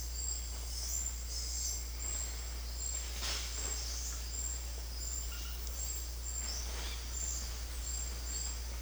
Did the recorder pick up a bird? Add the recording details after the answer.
yes. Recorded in secondary vegetation near Puerto Asís, Putumayo, Colombia, on 4 March 2025 at 18:00. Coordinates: 0.500, -76.326. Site GP04